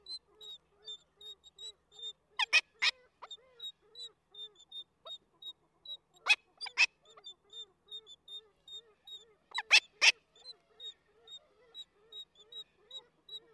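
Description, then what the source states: Black-legged Kittiwake calls: a steady stream of rapid thin high begging notes, with three pairs of loud harsh coughs spaced a few seconds apart. Female soliciting before copulation with long sequences of high-pitched food-begging calls; male gives loud coughing calls while shaking his head.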